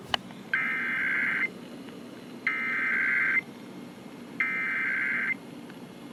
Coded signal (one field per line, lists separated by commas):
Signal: Emergency Alert System (SAME) tones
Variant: header bursts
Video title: Severe Thunderstorm Warning at 2AM + WBZ Weekly Test (EAS #270-271)